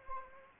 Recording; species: mosquito wingbeat signal from an infrared sensor; Anopheles arabiensis